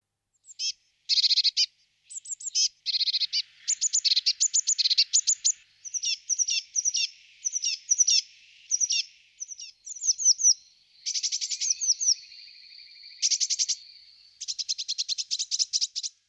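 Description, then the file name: Eurasian blue tit song, bright high trills and quick repeated notes in short bursts, with a steady thin whistle-like trill in the middle. "lazorevka"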